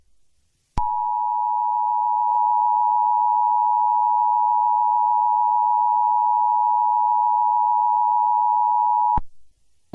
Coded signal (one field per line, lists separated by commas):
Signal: Emergency Alert System (SAME) tones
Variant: 853 and 960 Hz attention tone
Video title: EAS Scenario #12: Perfect Mimicry